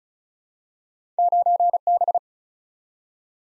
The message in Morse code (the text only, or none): 9B